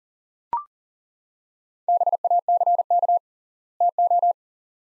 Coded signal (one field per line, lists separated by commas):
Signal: Morse code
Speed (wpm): 38 wpm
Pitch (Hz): 700 Hz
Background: none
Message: BACK TO